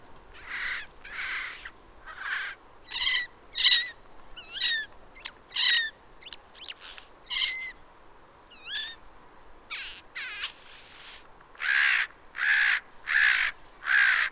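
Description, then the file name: Eurasian jay uttering a run of hoarse screeches, strongest in a burst of four near the end, mixed with varied whistled and chirping notes throughout. "Garrulus glandarius"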